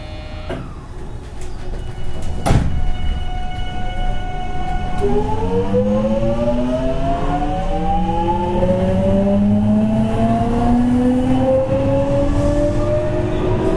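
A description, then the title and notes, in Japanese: A 207 series local train on the JR Kobe Line pulls away with a low rumble. A couple of clanks come in the first three seconds. From about five seconds, rising motor whines climb steadily in pitch as the train gathers speed. JR207系 尼崎から住吉まで。JR西日本 207系電車の走行音です。JR神戸線の普通列車にて収録しました。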